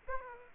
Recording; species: mosquito wingbeat signal from an infrared sensor; Aedes aegypti